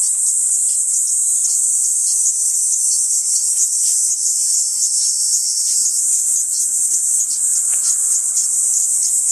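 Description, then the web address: Kaempfer cicada song: an unbroken, piercing high-pitched drone that never pauses, with a few soft ticks underneath. "ニイニイゼミ. arpla 自然音研究室"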